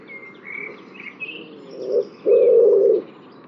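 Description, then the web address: Bird: several high thin chirps come first. A low two-part coo follows: a short note, then a longer sustained one. "cianscape birddata Deverinetal 2025 Bird Only"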